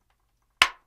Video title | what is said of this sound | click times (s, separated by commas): 1:18 Mitsubishi “ZERO” Pearl Harbor (UNBOXING!) | again just slowly carefully you'll hear a pop Maybe | 0.6 s